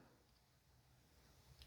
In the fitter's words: it will engage and lock into place. See it pop out there.